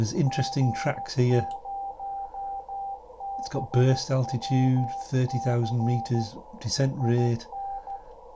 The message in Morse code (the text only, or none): G0BWC IN